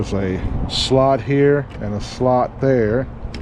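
Someone talks while handling a table saw's metal anti-kickback pawl assembly, lining it up with the slots on the blade guard/riving knife. Nothing has seated or clicked into place yet; the pawl is still being handled and not yet home.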